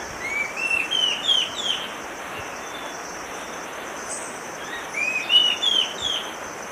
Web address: Natures Songs S America Eastern Lowlands. Sittasomus griseicapillus, song